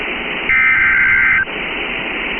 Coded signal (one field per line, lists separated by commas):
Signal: Emergency Alert System (SAME) tones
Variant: header bursts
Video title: Severe Thunderstorm Warning (12/25/25) [EAS #339]